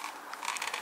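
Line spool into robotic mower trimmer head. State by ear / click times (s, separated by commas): not seated / none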